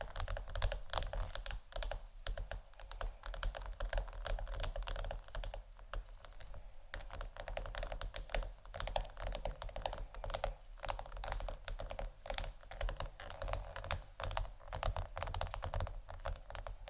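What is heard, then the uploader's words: Scratching and tapping on tingly textures, a dense, continuous run of quick clicks and crisp taps that sounds much like fast typing. The ticks come several per second with little pause, bright and sharp, over a steady low hum that runs throughout. ASMR Scratch & Tap On Tingly Textures（No Talking）.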